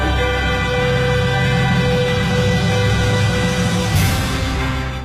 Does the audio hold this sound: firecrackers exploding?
no